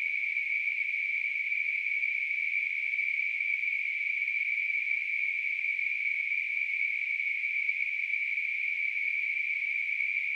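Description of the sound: A simulated tinnitus sound: a steady, unbroken high-pitched hissing tone concentrated in a narrow band around 2 to 2.5 kHz, with no low-frequency content, holding an even level throughout.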